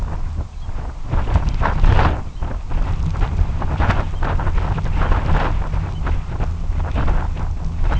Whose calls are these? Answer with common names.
American Golden-plover